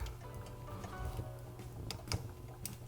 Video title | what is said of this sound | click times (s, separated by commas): My Armoloq Yaesu FT-891 HF Radio Sling Bag. | and two clicks look at that | 2.1 s